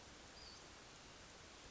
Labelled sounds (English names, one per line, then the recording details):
Western Flycatcher
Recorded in Sonoma County, California